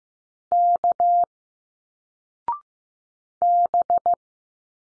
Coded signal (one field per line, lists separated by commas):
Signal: Morse code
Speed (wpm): 15 wpm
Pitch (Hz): 700 Hz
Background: none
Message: K B